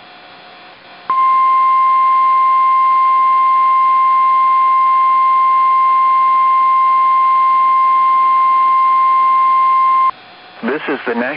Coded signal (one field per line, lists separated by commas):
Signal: Emergency Alert System (SAME) tones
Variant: 1050 Hz attention tone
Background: speech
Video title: Christmas Required Weekly Tests - 12/25/19 - EAS #1